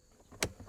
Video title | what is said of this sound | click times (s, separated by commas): Greenworks 80V Backpack Blower Review - Power Test, Features & Honest Verdict | You just want to make sure you're lined up and you get a nice positive click. | 0.4 s